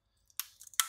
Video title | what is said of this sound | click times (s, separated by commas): FULL Toshiba satellite C55D-B5219 disassemble and Reassemble service | push it in you hear the clicking sound those are the clips that just | 0.4 s, 0.8 s